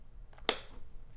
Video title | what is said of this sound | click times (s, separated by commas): Build Your Own Rocket Revolver | gonna line it up and get that final satisfying snap | 0.5 s